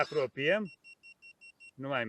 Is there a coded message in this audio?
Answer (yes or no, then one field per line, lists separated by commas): no